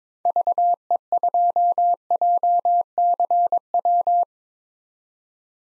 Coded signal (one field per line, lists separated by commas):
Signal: Morse code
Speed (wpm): 22 wpm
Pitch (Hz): 700 Hz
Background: none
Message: VE2JCW